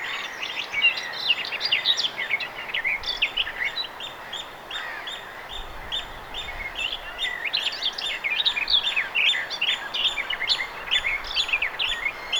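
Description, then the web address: Garden warbler song: an unbroken, rapid, mellow warble of varied chattering and fluting notes running the whole length, with light background hiss. Singing bird recorded 2 June 2025. "paivat 2 6 2025 myos tuollainen laulava lehtokerttu"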